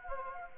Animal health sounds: mosquito wingbeat signal from an infrared sensor; Anopheles gambiae

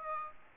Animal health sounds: mosquito wingbeat signal from an infrared sensor; Aedes aegypti

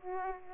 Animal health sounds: mosquito wingbeat signal from an infrared sensor; Aedes aegypti

